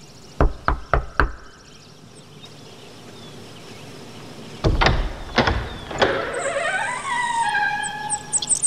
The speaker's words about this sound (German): Justus klopfte an der Tür und der Regisseur öffnete.